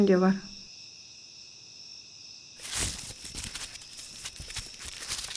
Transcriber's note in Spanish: Sonido de pisadas corriendo